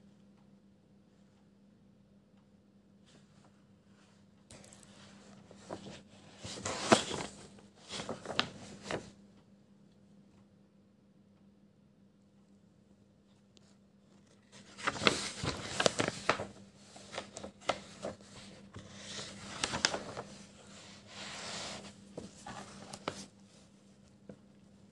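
Pencil scribbles come in two scratchy bursts, around five to nine seconds and fifteen to twenty-four, over a steady low hum.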